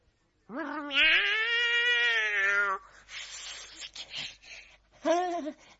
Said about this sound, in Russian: Кошка, это ты?